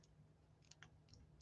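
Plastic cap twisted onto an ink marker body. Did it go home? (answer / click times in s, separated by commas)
yes / 0.7 s, 0.8 s, 1.1 s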